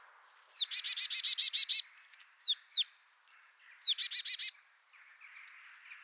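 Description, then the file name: Marsh tit calling: a sharp, high downslurred note, a burst of several rapid, buzzy, harsh notes, two single downslurred chips, another downslurred note and a second burst, then a final chip. "Poecile palustris"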